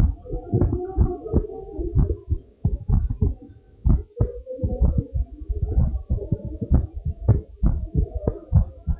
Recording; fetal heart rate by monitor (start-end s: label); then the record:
heart sounds of a pregnant woman by stethoscope
no fetal heartbeat
From the record:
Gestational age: 37 weeks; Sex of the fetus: boy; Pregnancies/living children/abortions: 4/3/0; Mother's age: 40 years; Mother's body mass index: 28.6